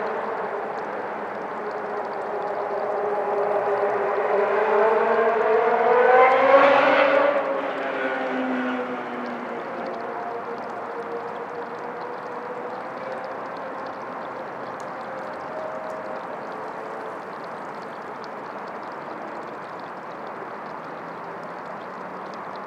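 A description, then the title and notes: On a riverside trail, a vehicle swells past around six seconds with a falling whine, leaving a steady traffic hum. Schuylkill River Trail, just south of Walnut Street. The river itself doesn’t make much sound.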